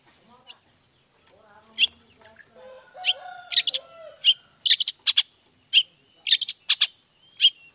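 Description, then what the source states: Long-tailed shrike song: sharp high chips in clusters, with fainter lower whistled notes early on. Cendet in full 'gacor' song in the morning with 'toet toet' sound variation, played to make other shrikes respond quickly.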